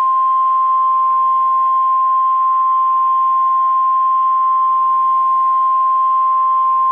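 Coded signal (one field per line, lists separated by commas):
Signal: Emergency Alert System (SAME) tones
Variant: 1050 Hz attention tone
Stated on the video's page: Fictional EAS scenario with invented place names, made for entertainment.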